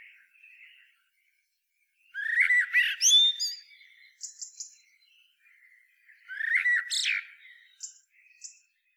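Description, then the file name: Eurasian blackbird singing two warbled phrases about four seconds apart, each a lower fluted start breaking into high squeaky twittering, with faint soft notes between. "Turdus merula"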